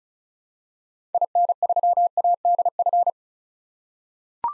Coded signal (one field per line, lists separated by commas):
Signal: Morse code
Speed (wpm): 36 wpm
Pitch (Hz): 700 Hz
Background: none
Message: IN3ADF